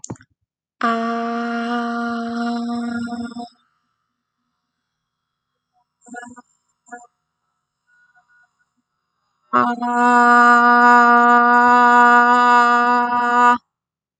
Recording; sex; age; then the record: vowel held as long as possible; female; 20 to 29 years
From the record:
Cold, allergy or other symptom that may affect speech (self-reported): no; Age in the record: 20 years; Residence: Pennsylvania, United States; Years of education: 14